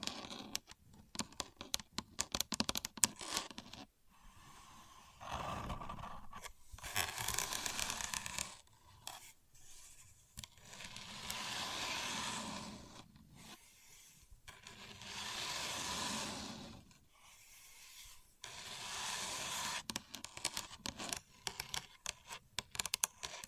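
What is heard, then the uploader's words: A contour gauge being used, with rapid clicking and pattering of its pins alternating with smoother scraping sweeps around 7, 10, 15 and 19 seconds. The sounds come in bursts separated by short quiet gaps, bright and crisp throughout, with no voices. Using A Contour Gauge (No Talking).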